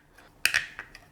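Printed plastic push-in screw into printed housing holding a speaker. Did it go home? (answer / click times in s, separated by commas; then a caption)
yes / 0.5 s. A printed plastic push-in screw is pushed into a printed housing that holds a speaker and snaps home with a sharp, loud click at 0.5 s. A second bright hit follows at about 0.6 s, with fainter ticks near 0.8 and 1.0 s, and the screw is seated.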